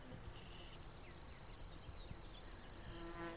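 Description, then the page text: Chipping sparrow song: a rapid, even, rattling trill of high chips lasting about three seconds, stopping abruptly, with faint low background sounds. "Richard E Webster - Малая воробьиная овсянка (Spizella passerina)"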